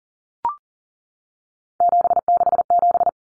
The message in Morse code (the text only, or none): 767